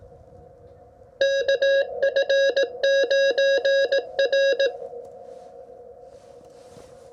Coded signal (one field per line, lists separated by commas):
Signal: Morse code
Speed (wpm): 18 wpm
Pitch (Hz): 590 Hz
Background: none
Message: KF9R